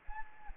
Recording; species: mosquito wingbeat signal from an infrared sensor; Anopheles arabiensis